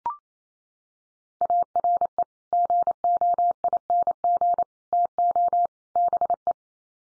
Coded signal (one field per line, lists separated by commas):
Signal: Morse code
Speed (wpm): 28 wpm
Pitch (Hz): 700 Hz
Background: none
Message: ARE GOING TO BE